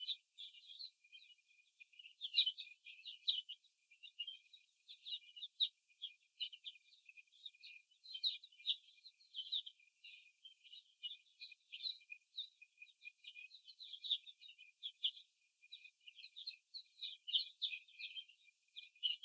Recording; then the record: young laying hens in a cage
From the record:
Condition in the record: before the stressor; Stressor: simulated dog barking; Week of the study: 1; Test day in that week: 2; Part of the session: 2